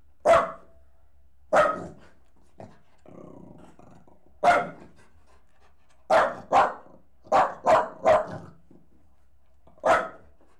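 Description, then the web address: Dog giving sharp single barks at uneven gaps, about nine in all, with a soft low grumble between the early barks and a quick cluster near the end. Jack Russell Terrier and Corgi cross dog, leaping. "BBC Sound Effects Library. Jack Russel Corgi Cross Leaping"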